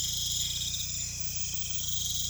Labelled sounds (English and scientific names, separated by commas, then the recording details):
none
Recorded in pastures near Puerto Asís, Putumayo, Colombia, on 16 December 2024 at 22:00
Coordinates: 0.472, -76.331
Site GP02